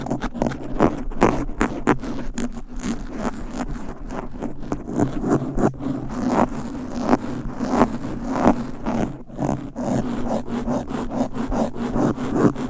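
Fast, aggressive scratching directly on a microphone, a dense run of rough, rasping strokes that keeps going for the whole thirteen seconds. Sharp, bright scrapes hit in quick irregular bursts over a steady low hum, with loudness staying high and jittery throughout.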